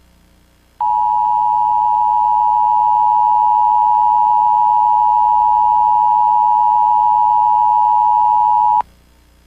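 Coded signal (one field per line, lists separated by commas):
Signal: Emergency Alert System (SAME) tones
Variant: 853 and 960 Hz attention tone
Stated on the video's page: Real EAS captures with valid SAME tones capable of activating EAS equipment.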